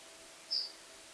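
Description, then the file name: Eurasian blackcap giving a single brief, sharp high note against faint, even background hiss. "Sylvia atricapilla"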